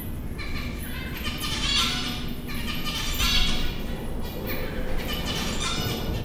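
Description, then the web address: Zebra finch calls: short nasal, harmonic notes in spaced bursts roughly every one to two seconds, over steady low background noise. Captive birds at a zoo in Győr, recorded in 2014 with professional equipment; the less noisy version. "allathangok gyorizoo 2014. zebrapinty"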